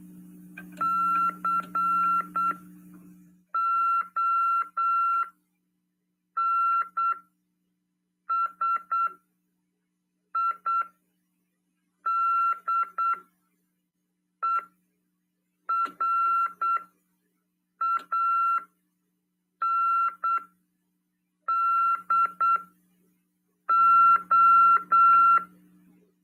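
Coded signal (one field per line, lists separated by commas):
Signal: Morse code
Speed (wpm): 8 wpm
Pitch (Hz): 1360 Hz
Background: none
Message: CONSIDERANDO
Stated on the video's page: Amateur radio lesson on CW, broadcast on FM 146.410 MHz.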